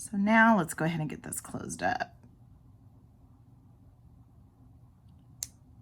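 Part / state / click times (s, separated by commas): metal jump ring closing on a bracelet end / seated / 5.4 s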